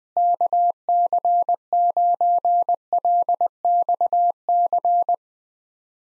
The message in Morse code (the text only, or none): KC9LXC